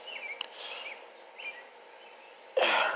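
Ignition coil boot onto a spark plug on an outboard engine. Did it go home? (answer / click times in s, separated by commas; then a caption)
yes / 0.4 s. The rubber boot of a CDI universal ignition coil (183-3737) is pushed by hand onto a spark plug inside an Evinrude/Johnson 115 hp outboard engine, and it clicks into place at 0.4 s. Faint bird chirps sound over low background noise, and a loud broadband noise starts near 2.6 s. The boot is seated on the plug.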